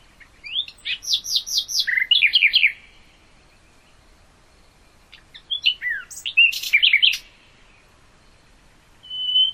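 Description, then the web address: Common nightingale song with quick rising slurred notes and a churring run, a pause, then a varied burst of chirps ending on a pure whistle. "hoeren nachtigall"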